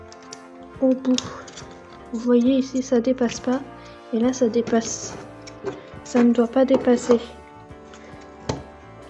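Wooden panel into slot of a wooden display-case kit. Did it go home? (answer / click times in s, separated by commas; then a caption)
yes / 8.5 s. Someone talks over music while pushing a wooden panel of a Christmas display-case kit from Action fully into its slot until it no longer sticks out. A single sharp click at 8.5 s marks the panel seating in the slot.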